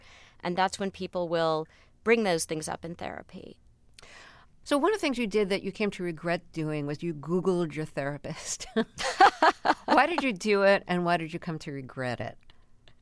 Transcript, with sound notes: And that's when people will bring those things up in therapy.
So one of the things you did that you came to regret doing was you Googled your therapist.
(Laughter).
Why did you do it, and why did you come to regret it?